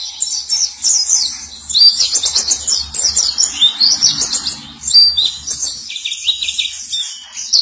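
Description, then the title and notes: White-eye song: a long, rapid stream of high, thin twittering notes and short trills, loud and nearly continuous with brief pauses. Sweet long song. "Kicau Burung Pleci ampuh. suara burung pleci merdu panjan"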